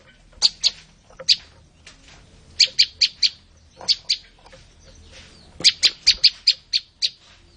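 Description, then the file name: Olive-backed tailorbird with sharp, high, staccato notes in short irregular bursts, ending in a longer run of several chips. "suara burung prenjak lumut. omkicau"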